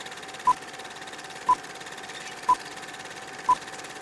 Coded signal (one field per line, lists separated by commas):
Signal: none